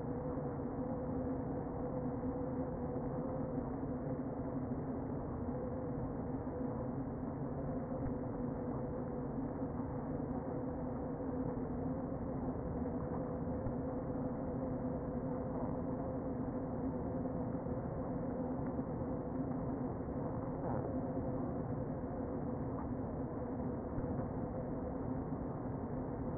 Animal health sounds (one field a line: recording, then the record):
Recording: honeybee colony, microphone inside the hive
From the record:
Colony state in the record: queen present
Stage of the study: before two queens were removed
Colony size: about 60,000 bees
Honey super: yes